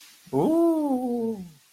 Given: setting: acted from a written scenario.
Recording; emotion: vocal sound without words; awe